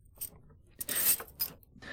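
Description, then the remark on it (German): A bunch of keys jingles as it is handed over: a brief metallic clink, then a longer bright jangle and a couple of short clinks after. No voices, just the rattling metal. “Kann ich mal deinen Schlüssel haben?”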